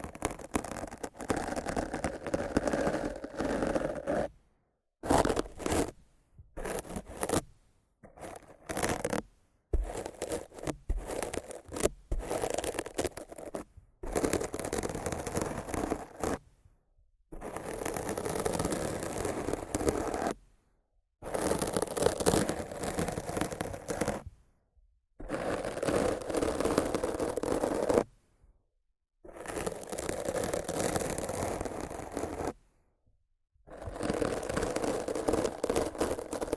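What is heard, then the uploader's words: Rough mic scratching and brushing comes in dense, gritty bursts of a few seconds, cut by sudden dead silences, quick at first, then longer strokes. ASMR Rough Mic Scratching & Brushing (No Talking).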